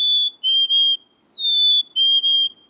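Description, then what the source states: Black-capped chickadee whistling its clear fee-bee song, a higher note then a lower split note, given twice. Found across the whole state of Maine, in every habitat; does not head south for winter; candidate for Maine state bird.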